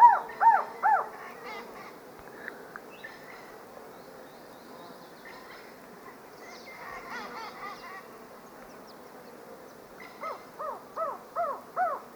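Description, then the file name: Ecuadorian trogon giving short runs of arched, hollow notes at the start and again near the end, separated by a quieter stretch of faint other bird sounds. "Golosa ptic - Ekvadorskij trogon Trogon mesurus"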